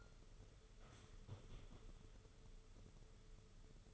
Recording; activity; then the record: daily activity, microphone in the room; sit down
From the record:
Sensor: 4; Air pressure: 995.3 hPa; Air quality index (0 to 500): 215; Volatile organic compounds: 255 ppm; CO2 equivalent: 4374 ppm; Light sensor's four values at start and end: 18/46/18/22 and 18/48/18/22